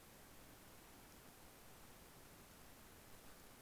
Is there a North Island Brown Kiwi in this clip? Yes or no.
no